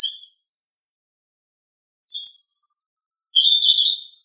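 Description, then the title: Thrush song in three bright, high phrases spaced by pauses of about half a second to one and a half seconds, the last one trilled and fluttering, with nothing else heard. "Sabia"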